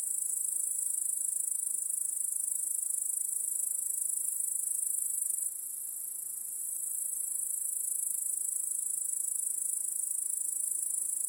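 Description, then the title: Crickets in a dense, continuous high-pitched chorus, a steady shimmering trill that dips briefly in loudness midway before resuming. Crickets chorusing in a home backyard at night. "Crickets in Your Backyard 🏡. Discovering the Sounds of Home"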